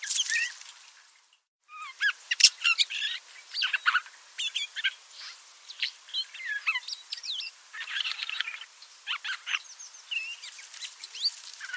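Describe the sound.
Birds chirping in a busy, overlapping chorus of short, high twittering notes and quick rising and falling whistles, with a brief silent gap near the start.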